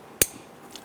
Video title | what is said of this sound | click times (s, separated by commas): How to Replace Catalytic Converters 2011-2021 Jeep Grand Cherokee 3.6L V6 | you can hear it and feel it snap into place | 0.2 s